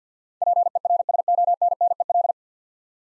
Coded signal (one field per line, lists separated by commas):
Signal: Morse code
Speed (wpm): 53 wpm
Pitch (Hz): 700 Hz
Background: none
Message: PERSONNEL